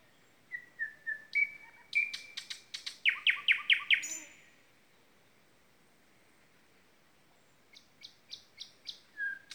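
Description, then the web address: Common nightingale song: soft whistles leading into a rapid series of loud clicking notes, a pause, then a repeated sequence of short sharp notes. Common nightingale singing at the blue lakes. "chant du rossignol dans les lacs bleus"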